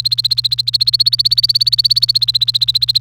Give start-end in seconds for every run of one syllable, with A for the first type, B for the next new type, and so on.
0.00-2.98 A